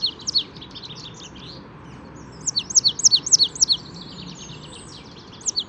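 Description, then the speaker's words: Marsh Tit song: quick runs of high, downslurred chipping notes separated by pauses, over faint steady background hiss. Spring morning in an urban park in the Paris region; only resident birds singing, migrants not yet arrived; birds well fed at feeders throughout the area. "Voici le chant de la mésange nonnette."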